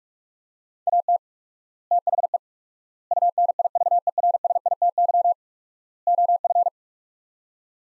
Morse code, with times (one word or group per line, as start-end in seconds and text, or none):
0.9-1.2 AT
1.9-2.4 THE
3.1-5.3 UNIVERSITY
6.1-6.7 OF